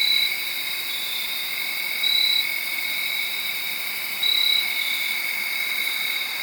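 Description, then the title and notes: Crickets trilling in a steady night chorus, several high continuous bands, with a louder insect pulse swelling in about every two seconds. Crickets late Saturday night into Sunday morning, around midnight, under a tree in Sharon, Pennsylvania. "Crickets (field recording). late on Saturday night/Sunday morning. The location was in Sharon, Pennsylvania, under a tree"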